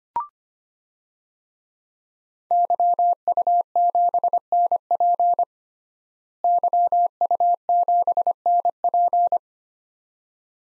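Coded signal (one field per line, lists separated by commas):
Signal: Morse code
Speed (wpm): 25 wpm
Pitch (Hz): 700 Hz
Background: none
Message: YU7NP YU7NP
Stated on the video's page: Head-copy drill at 25 wpm of 5-character non-US DXCC call signs, each sent twice, spoken, then sent again.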